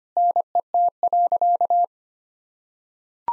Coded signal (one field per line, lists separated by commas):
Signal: Morse code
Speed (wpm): 25 wpm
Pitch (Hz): 700 Hz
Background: none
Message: NET.